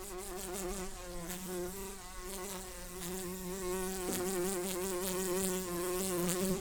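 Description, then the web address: Common carder bee buzzing, a steady low hum with wavering harmonics, continuous throughout. Worker bumblebees. "bumblebees Pascuorum-workers"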